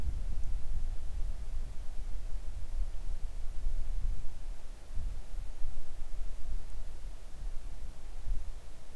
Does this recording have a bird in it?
no